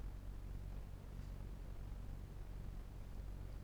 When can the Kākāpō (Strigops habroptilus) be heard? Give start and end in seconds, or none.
none